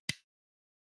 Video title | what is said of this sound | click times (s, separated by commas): NosillaCast Live #730 | it works and keeps the hub nice and slim you can even hear it click it's | 0.1 s